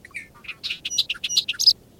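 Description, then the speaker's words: Bobolink singing a tumbling, jangling run of bright notes that grows louder toward the end before cutting off. Bubbly, jangling song of bobolinks returning each spring from the tropics to North America. "As bobolinks return to North America from the tropics each spring, they have good reason to sing with joy."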